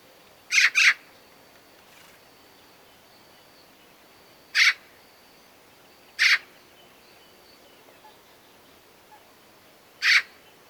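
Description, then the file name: Eurasian magpie making rough chack calls, an opening double followed by single notes every one to four seconds, with faint thin bird notes in the background. "Pica pica"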